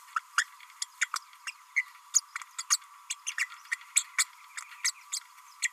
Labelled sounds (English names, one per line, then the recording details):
Green-rumped Parrotlet babbling
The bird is a female
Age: 31 days
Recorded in a nest box in Venezuela
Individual 17B32A5